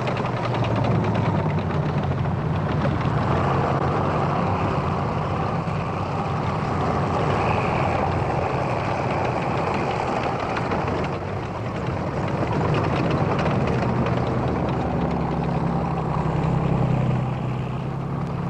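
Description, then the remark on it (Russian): New-model tanks drive past in a forest with a loud, steady, deep engine rumble and broad mechanical roar that holds for the whole stretch, swelling slightly near the end. No voices are heard. “Танки проезжают мимо.”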